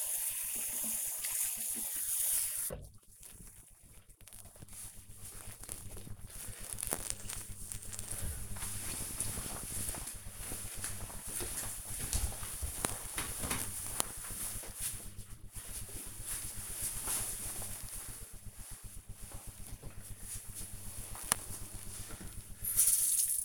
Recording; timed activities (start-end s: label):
household activities, microphone on the right wrist
0.00-3.84 s: brushing teeth
18.95-23.44 s: washing dishes